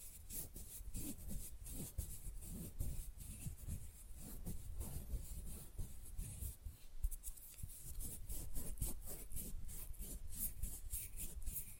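Fast, rough nail filing runs the full twelve seconds in quick, scratchy back-and-forth strokes with a hissy, bright edge. Soft low thuds sit beneath the rasping, and a few sharper ticks stand out around seven seconds and again near the end.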